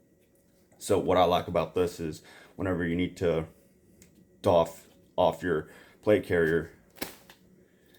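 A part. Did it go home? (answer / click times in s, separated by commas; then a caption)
yes / 7.0 s. Someone talks while the plastic secure-and-release buckle of the cummerbund on a USMC Gen2 military plate carrier is reattached into its receiver after being taken off. A sharp click sounds at 7.0 s, showing the buckle is locked and the carrier is ready.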